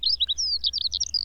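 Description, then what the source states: Eurasian Skylark song: quick high chirps and drawn-out whistles delivered in a tight, ceaseless stream. Seemingly endless song of high notes and trills that chain together and fill the soundscape in the middle of fields.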